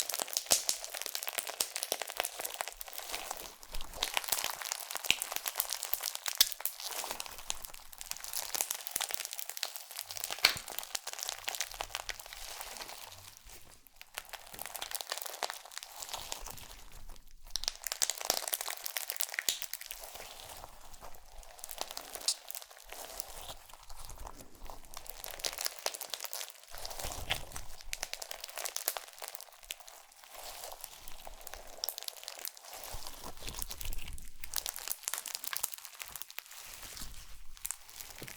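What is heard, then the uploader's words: Slime is squished and stretched, giving a dense, continuous run of wet crackles, crinkles and pops that rarely pause. The sound is bright and crisp, swelling and easing in uneven bursts, with a few soft low thumps around 10 and 27 seconds. NO TALKING Satisfying Slime Triggers.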